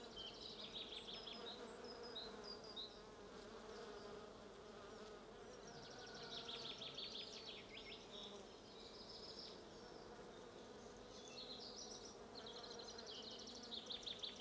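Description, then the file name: Bees hum in a continuous low drone while small birds twitter in high bursts throughout. "buzzing bees"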